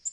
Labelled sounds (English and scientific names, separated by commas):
Black-throated Green Warbler (Setophaga virens) flight call